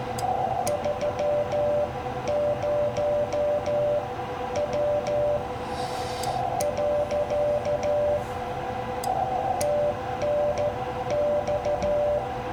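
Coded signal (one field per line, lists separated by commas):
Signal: Morse code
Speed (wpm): 13 wpm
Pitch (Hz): 590 Hz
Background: none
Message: 30W . TNX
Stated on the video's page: CW contact made while band surfing with poor propagation, QRN and QSB, on an FT-891 with a 40-10 meter end fed half wave wire antenna.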